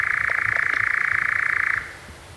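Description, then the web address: European nightjar churr, a rapid pulsing purr held at one pitch for nearly two seconds before stopping, then quiet background. "birdify Caprimulgus europaeus"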